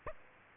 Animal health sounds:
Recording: mosquito wingbeat signal from an infrared sensor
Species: Aedes aegypti

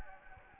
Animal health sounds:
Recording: mosquito wingbeat signal from an infrared sensor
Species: Anopheles gambiae

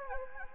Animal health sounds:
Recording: mosquito wingbeat signal from an infrared sensor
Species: Anopheles gambiae

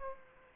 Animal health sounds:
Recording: mosquito wingbeat signal from an infrared sensor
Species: Aedes aegypti

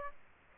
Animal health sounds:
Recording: mosquito wingbeat signal from an infrared sensor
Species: Aedes aegypti

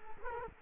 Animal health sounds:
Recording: mosquito wingbeat signal from an infrared sensor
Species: Culex quinquefasciatus

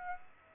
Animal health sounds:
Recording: mosquito wingbeat signal from an infrared sensor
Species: Aedes aegypti

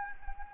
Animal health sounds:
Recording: mosquito wingbeat signal from an infrared sensor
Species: Anopheles gambiae

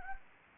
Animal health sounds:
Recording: mosquito wingbeat signal from an infrared sensor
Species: Anopheles gambiae

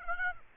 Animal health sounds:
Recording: mosquito wingbeat signal from an infrared sensor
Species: Aedes aegypti

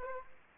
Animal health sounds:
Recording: mosquito wingbeat signal from an infrared sensor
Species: Aedes aegypti

